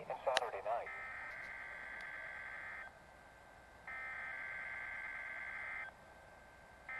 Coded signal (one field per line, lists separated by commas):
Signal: Emergency Alert System (SAME) tones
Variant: header bursts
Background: speech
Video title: Alert Capturing Compilation again EAS #81 - 131